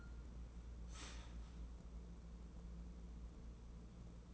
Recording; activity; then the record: daily activity, microphone in the room; start toaster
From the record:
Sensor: 1